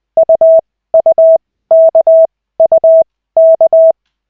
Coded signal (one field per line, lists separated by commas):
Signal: Morse code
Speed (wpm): 20 wpm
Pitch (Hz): 650 Hz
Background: none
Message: UUKUK